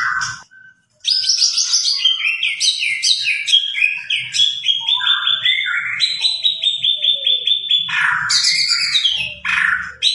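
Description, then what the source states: White-rumped shama song, a loud rich sequence of varied whistles and repeated stepped notes, fast and melodic, continuing almost without pause. Lure recording made to draw a response from the bird; the singer is described as gacor, singing persistently.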